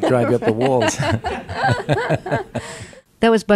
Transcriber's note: laughter